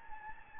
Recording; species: mosquito wingbeat signal from an infrared sensor; Anopheles gambiae